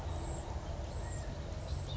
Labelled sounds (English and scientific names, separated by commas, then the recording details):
California Quail (Callipepla californica)
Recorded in Sonoma County, California